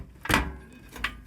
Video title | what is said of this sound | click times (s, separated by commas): Beginer guide for building a computer from scratch | there's the click | 1.0 s